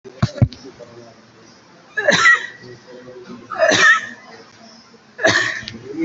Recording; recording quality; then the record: heavy voluntary cough; excellent, no background noise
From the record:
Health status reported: COVID-19 positive, mild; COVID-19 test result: positive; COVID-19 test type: RT-PCR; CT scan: not taken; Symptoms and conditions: cough, cold, fever, fatigue, muscle pain, loss of smell and taste, hypertension, diabetes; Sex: male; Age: 64 years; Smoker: no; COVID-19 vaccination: both doses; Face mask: worn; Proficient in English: yes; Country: India